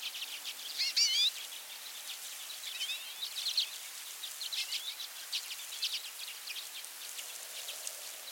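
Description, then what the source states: Common redpoll twittering calls, sliding and warbled high notes followed by scattered short chips and buzzy bursts, with steady hiss behind. Nominate subspecies Carduelis flammea flammea.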